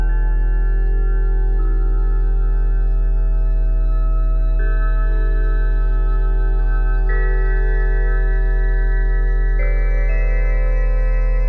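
Layered steady tones at 174Hz, 417Hz and 741Hz hum together with a deep, constant drone underneath. Smooth, ringing pitches shift to new notes every two to three seconds, at about 1.6, 4.6, 7 and 9.6 seconds, like struck singing bowls. Loudness stays level throughout.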